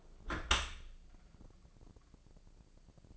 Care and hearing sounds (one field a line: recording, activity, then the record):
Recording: daily activity, microphone in the room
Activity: close dishwasher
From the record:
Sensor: 5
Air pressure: 1012.4 hPa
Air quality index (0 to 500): 163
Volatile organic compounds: 2 ppm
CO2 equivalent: 1107 ppm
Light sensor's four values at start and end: 133/318/136/151 and 133/318/136/152